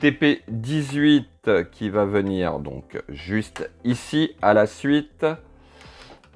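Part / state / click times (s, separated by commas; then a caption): plastic model part into the model frame / not seated / none. Plastic part TP18 of a Millennium Falcon scale model is pushed onto the model frame while someone talks, followed by faint handling noises near the end. It does not engage well, and nothing has seated or clicked yet.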